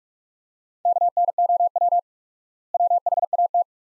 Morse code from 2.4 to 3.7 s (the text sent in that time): WHAT